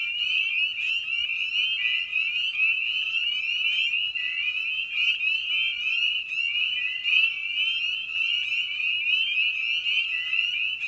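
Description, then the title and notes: Spring peepers calling in a dense chorus, many overlapping high, rising peeps merging into a continuous shrill band. Evening at a frog pond; presented in a modified format intended as a sleep aid. "Episode 5: Night of the Peepers. frog pond. Spring Peeper (Pseudacris crucifer). Ian Carlsen"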